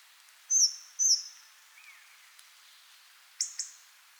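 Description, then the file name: Hawfinch giving short, sharp, high metallic ticks, two close together then a pair later, with a faint lower chirp between. "Hawfinch, Kernbeißer"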